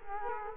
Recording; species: mosquito wingbeat signal from an infrared sensor; Culex quinquefasciatus